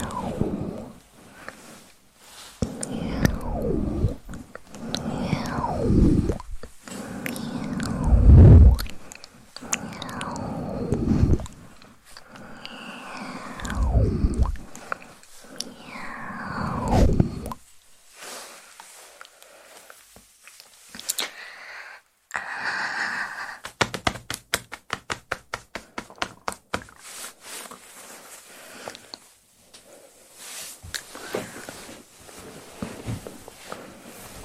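Soft ASMR whispering with wet mouth sounds and chewing-like clicks, busiest early, then sparser scratchy rubbing and rapid tapping bursts near twenty-five seconds.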